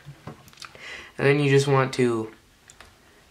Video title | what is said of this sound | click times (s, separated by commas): HTC One Otterbox Defender Case Review, Application, and Removal | until you hear these clicking sounds which tell you that these clasps on the edges have latched onto each other | 0.3 s, 0.5 s, 0.6 s, 0.8 s